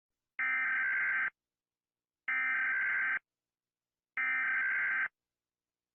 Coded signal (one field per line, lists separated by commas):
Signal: Emergency Alert System (SAME) tones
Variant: header bursts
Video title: Some EAS Alarms 1